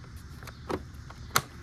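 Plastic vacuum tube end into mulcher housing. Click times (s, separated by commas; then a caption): 1.4 s. The plastic vacuum tube end of a Craftsman CMEBL700 leaf blower vacuum and mulcher is pushed into the mulcher housing, with a few faint knocks and a soft rustle along the way. A sharp, bright click at 1.4 s marks the tube locking into place, seated.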